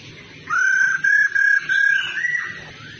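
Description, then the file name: Laughingthrush whistle: a single long phrase of level, clear notes that finishes on a rising note. Female laughingthrush sound (khướu mái rô) used to stimulate male birds to sing. "Tieng khuou mai ro kich trong hot"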